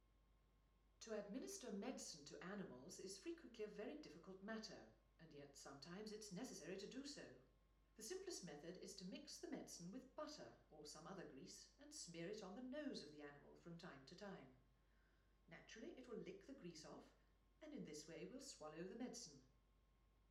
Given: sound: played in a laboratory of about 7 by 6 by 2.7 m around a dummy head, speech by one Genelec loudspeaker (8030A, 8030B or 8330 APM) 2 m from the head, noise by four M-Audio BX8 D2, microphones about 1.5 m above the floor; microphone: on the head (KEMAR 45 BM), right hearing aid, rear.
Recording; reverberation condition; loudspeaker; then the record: female speech in English; medium; 60 degrees to the right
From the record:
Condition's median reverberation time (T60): about 510 ms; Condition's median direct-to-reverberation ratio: about -0.5 dB